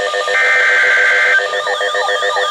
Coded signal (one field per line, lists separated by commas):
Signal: Emergency Alert System (SAME) tones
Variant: header bursts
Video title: T'was The Night Before Destructive Storms… EAS Alerts from 6/26-27/24 (EAS 12100-12161)